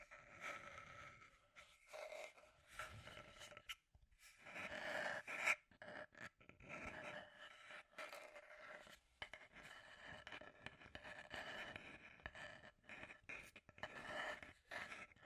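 Scratchy tapping continues throughout in quick, uneven bursts of rough scraping, with brief silent gaps near four, six and nine seconds.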